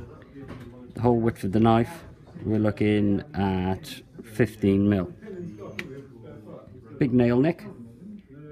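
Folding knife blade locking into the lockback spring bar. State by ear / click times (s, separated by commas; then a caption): not seated / none. A man talks while handling a lockback folding knife with a big nail nick, about to open its blade into the lockback spring bar. The blade has not locked open yet and nothing has seated or clicked.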